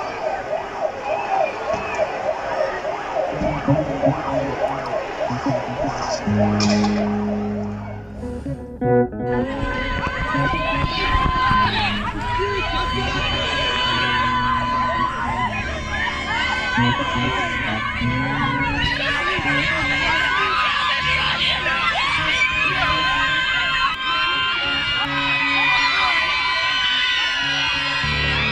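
Recorded at an ongoing protest in Belarus, a crowd of many voices talks and calls out over a steady roar. Around seven seconds a low tone swells briefly, then the voices grow denser and louder, with scattered shouts and cries continuing to the end.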